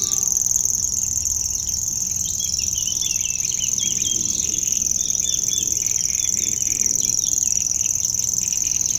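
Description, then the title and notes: Common Grasshopper Warbler reeling steadily in a thin, high, buzzing trill without a break, with scratchy warbling phrases from other birds in the background. Rare bird in a reedbed at Châtillon beach, north of Lac du Bourget, France. "Dans la roselière de la plage de Châtillon au Nord du lac du Bourget, une rare locustelle tachetée"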